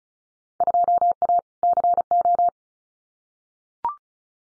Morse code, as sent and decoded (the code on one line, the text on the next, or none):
..--- .- / -.-. ---
2A CO